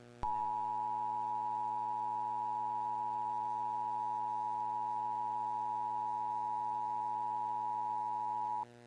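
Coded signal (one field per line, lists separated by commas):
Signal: Emergency Alert System (SAME) tones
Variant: 853 and 960 Hz attention tone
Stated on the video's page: Mock National Periodic Test on a fictional cable screen, using valid EAS tones.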